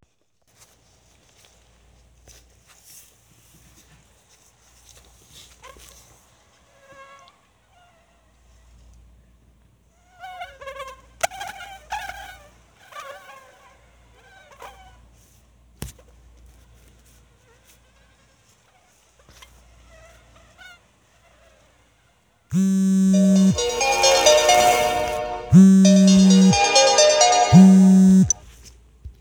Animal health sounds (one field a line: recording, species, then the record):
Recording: mosquito flight sound by mobile phone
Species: Anopheles dirus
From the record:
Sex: mixed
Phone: Sony Xperia